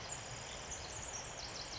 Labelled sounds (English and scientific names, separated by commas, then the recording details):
Pacific Wren (Troglodytes pacificus)
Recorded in Sonoma County, California